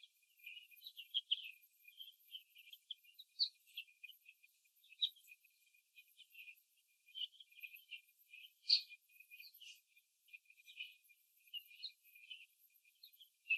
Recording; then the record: young laying hens in a cage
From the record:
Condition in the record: after the stressor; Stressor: simulated dog barking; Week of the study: 2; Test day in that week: 3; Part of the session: 1